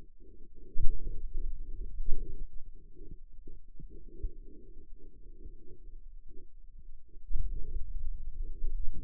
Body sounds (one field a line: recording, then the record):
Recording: forearm muscle sounds (acoustic myography)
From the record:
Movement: finger pinch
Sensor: system 2, bracelet of six BSWA MPA416 microphones around the upper forearm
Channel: 5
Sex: male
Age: 22 years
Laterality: right